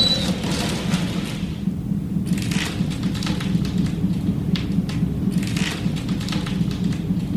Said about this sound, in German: Die See und der Wind mit Stärke 9 zerren an der Leine.